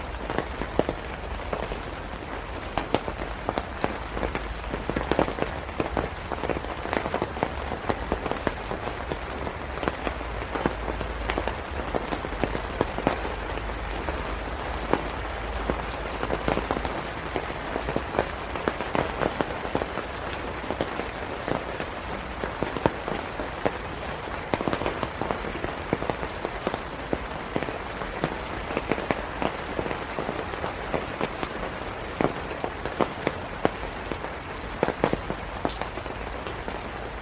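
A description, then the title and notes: Steady rain falls throughout, a dense, even patter of countless drops with sharper taps scattered across it and a low rumble underneath. Serene Rain Sounds.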